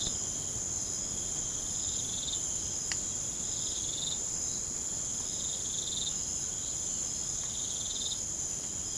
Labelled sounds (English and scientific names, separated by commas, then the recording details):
none
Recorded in pastures near Puerto Asís, Putumayo, Colombia, on 25 June 2025 at 00:30
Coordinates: 0.472, -76.331
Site G095